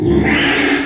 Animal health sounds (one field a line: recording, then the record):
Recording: squeal of a Yucatan mini pig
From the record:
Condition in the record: after surgery on the right vocal fold (resection and tissue-engineered implant)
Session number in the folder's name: 3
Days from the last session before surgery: 33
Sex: male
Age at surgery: 12 weeks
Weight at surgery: 13 kg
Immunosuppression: cyclosporine, prednisolone